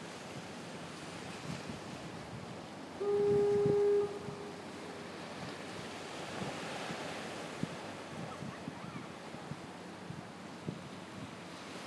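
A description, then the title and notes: A fog horn sounds once at about three seconds, a single steady low tone holding for roughly a second before cutting off with a brief fading tail. Around it, waves wash and crash in a continuous rough hiss, with a little wind underneath. Fog Horn at Marshall Point Lighthouse in Port Clyde, ME. Recorded with iPhone 6+. Using Rode recording App.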